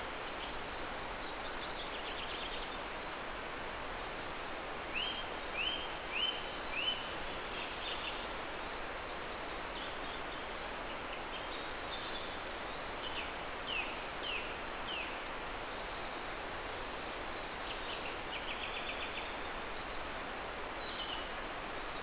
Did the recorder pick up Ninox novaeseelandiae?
no